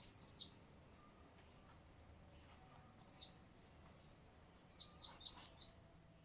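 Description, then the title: White-eye song: a pair of thin high chirps, one lone note, then a quick run of three falling notes against a soft background hiss. "Pleci"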